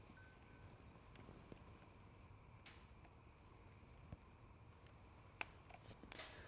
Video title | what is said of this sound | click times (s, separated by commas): STACYC Tech Videos- How to Unbox and Assemble Your 20hDrive | Once it's connected, you'll hear that snap together cleanly. | 5.4 s